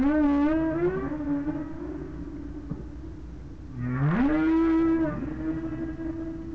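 Whale calls: a tonal moan opens, then a low note sweeps upward into a long, harmonically rich held tone that fades out, over low rumble.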